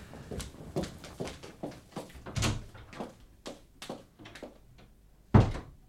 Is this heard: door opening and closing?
yes